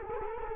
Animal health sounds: mosquito wingbeat signal from an infrared sensor; Culex quinquefasciatus

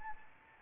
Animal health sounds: mosquito wingbeat signal from an infrared sensor; Anopheles arabiensis

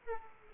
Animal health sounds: mosquito wingbeat signal from an infrared sensor; Aedes aegypti

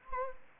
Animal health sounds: mosquito wingbeat signal from an infrared sensor; Anopheles gambiae

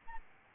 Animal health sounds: mosquito wingbeat signal from an infrared sensor; Aedes albopictus

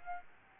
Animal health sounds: mosquito wingbeat signal from an infrared sensor; Aedes albopictus

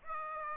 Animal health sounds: mosquito wingbeat signal from an infrared sensor; Aedes aegypti

